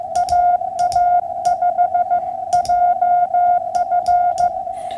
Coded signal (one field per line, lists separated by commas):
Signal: Morse code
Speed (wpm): 15 wpm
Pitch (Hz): 710 Hz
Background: none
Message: AA5JF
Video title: 08312024 POTA Hunting